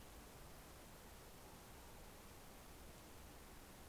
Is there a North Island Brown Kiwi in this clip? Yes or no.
no